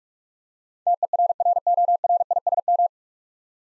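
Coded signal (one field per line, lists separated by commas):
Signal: Morse code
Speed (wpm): 44 wpm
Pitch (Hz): 700 Hz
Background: none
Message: TERRORISM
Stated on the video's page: Practice set at 45 wpm: nine-letter words sent in Morse, each sent twice, for head-copy training.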